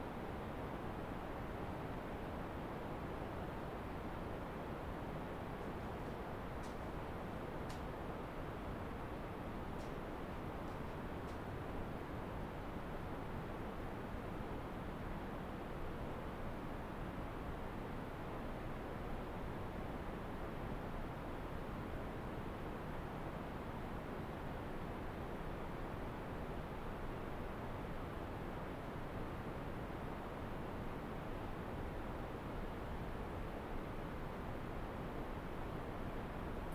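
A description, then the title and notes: Pre-dawn quiet near a creek, filled by a steady, even rush of low and middle sound, likely flowing water, that holds unchanged for the whole stretch. A few faint, thin high clicks come between about six and eleven seconds, then only the constant wash remains. Pre-Dawn silence near Beckler Creek. The bat vocalizations in this recording, and YES THERE ARE BAT VOCALIZATIONS IN THIS RECORDING, spike nearly 30db above the ambient background. Sound Devices 702 mid: MKH8020 side: MKH30 Biophony: BATS!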